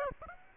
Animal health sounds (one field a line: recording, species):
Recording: mosquito wingbeat signal from an infrared sensor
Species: Aedes aegypti